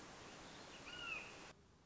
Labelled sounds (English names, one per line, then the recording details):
Red-shouldered Hawk
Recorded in Sonoma County, California